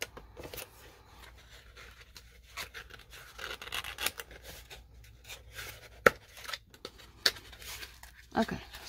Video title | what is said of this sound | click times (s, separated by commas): My Sister Made Me Buy This | snap into place okay so that is your bookcase | 6.1 s, 7.3 s